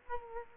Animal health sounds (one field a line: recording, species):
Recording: mosquito wingbeat signal from an infrared sensor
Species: Culex quinquefasciatus